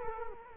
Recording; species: mosquito wingbeat signal from an infrared sensor; Culex quinquefasciatus